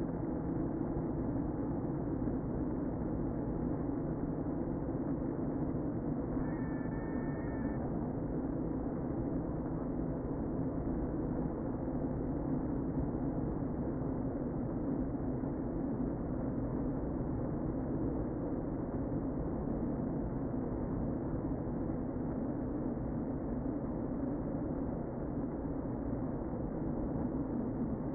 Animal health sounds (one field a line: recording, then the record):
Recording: honeybee colony, microphone inside the hive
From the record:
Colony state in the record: queen present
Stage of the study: before two queens were removed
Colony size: about 60,000 bees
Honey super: yes